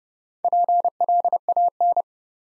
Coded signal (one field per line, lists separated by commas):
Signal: Morse code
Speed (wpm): 30 wpm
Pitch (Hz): 700 Hz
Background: none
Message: PLAN